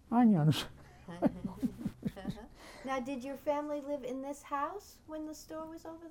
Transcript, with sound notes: Onions. (laughs)
Onions. (laughs) Now, did your family live in this house when the store was over there?